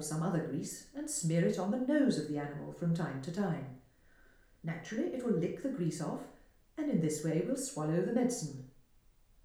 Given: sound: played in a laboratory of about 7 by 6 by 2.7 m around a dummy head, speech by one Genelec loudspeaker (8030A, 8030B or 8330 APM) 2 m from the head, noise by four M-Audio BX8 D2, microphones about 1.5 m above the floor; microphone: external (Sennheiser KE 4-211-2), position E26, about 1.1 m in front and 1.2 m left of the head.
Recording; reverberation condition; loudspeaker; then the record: female speech in English; medium; in front (0 degrees)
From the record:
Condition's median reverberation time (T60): about 510 ms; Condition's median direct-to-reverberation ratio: about -0.5 dB